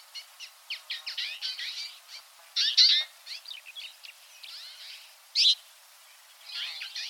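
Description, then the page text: Twites twittering: many quick, high, chattering notes from several birds, coming in loose bursts with louder clusters now and then. A flock. "Чечетка горная (Acanthis flavirostris ) Стайка"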